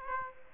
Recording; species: mosquito wingbeat signal from an infrared sensor; Aedes aegypti